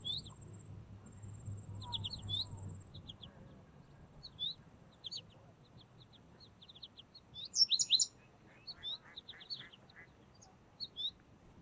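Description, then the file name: American Goldfinch calling with high, thin chips and short twitters, a brief louder cluster of rapid notes later on, a faint steady high tone early on, over a quiet low rumble. "Carduelis tristis - American Goldfinch"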